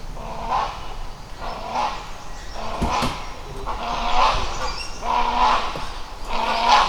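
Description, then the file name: Great hornbill loud, harsh, nasal barks repeated roughly every second, each a broad raspy burst, over a faint low hum. "Great hornbill , Buceros bicornis,call"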